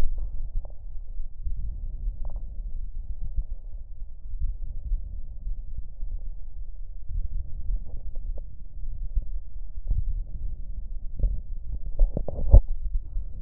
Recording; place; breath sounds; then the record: lung sounds by stethoscope; right posterior upper chest; normal breath sounds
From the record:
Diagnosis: none (healthy); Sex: male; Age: 36 years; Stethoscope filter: extended mode, 50 to 500 Hz